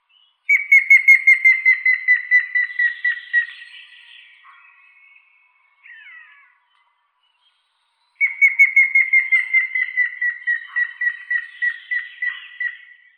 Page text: Дятел седой (Picus canus)